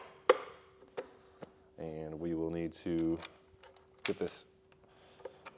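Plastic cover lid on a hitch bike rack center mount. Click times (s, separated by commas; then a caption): 0.3 s. A plastic cover lid at the center of the mast base on a Thule ReVert hitch bike rack is flipped up and clicks into its open position with a sharp snap at 0.3 s. A few fainter taps follow, and someone talks in the middle of the clip.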